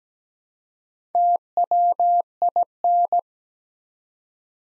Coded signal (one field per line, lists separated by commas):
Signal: Morse code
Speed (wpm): 17 wpm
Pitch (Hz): 700 Hz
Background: none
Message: TWIN